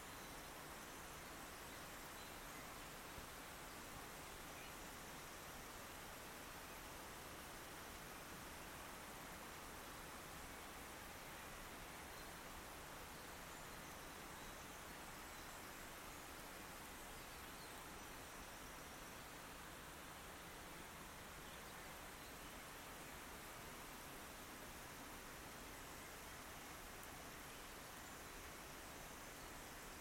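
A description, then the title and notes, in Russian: Heavy night rain pours in a dense, unbroken hiss with running water beneath, steady for the whole clip, with no clear thunder. Капли субтропического дождя.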